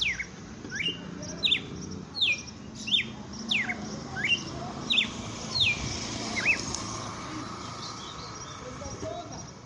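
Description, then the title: Red-cowled cardinal song: bright whistled notes, each sweeping sharply down then up, repeated roughly every three-quarters of a second before stopping, over a soft background hiss. Female bird; song style called açoite selvagem; bird named Fenrir. "Canto Galo Campina Fêmea. Galo de campina FENRIR no AÇOITE SELVAGEM"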